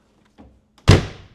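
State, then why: Partly seated. The rear door of an old Mercedes 280SE 4.5 is closed again, its latch closing onto the body striker with a faint click at 0.3 s and a loud snap at 0.8 s, followed by a short rattle that fades out by about 1.3 s. The latch is only partly caught and not seated solidly, leaving the door loose enough to move while driving.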